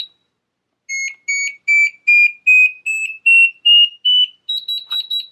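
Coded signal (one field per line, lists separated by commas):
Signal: beep code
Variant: Metroboard remote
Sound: nine short beeps climbing in pitch, then a quick burst of higher beeps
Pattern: 9 rising beeps, then rapid beeps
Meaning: Acceleration level 9, the maximum setting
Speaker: and then we're going to go back to 9, which is the max.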